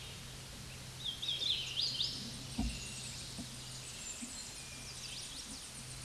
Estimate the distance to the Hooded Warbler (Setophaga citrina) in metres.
about 125 m